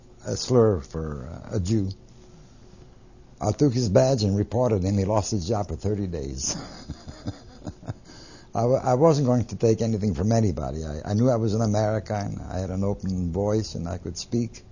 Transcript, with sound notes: a slur for a Jew. I took his badge and reported him. He lost his job for thirty days. (He laughs.) I was, I wasn't going to take anything from anybody. I knew what I was in America and I had an open voice and I could speak.